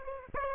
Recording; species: mosquito wingbeat signal from an infrared sensor; Aedes aegypti